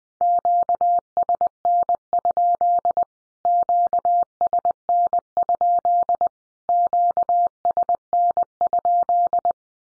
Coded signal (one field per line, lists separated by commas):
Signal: Morse code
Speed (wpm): 20 wpm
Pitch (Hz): 700 Hz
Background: none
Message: QSN? QSN? QSN?